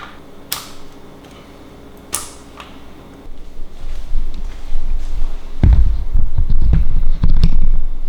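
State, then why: Seated. A RAM module is pressed down into a motherboard DIMM slot, and it clicks into place at 0.5 s and 2.2 s with sharp snaps, followed by a softer tick at about 2.6 s. After a quiet stretch, low rumbling handling noise builds from about 3.3 s, with more small knocks at 5.6 s and 7.4 s. The stick is seated.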